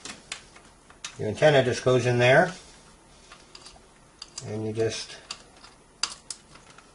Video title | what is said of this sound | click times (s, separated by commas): 2GIG Alarm Panel Setup | push it until it snaps. It'll snap in. Okay, now we have our antenna in place. | 6.0 s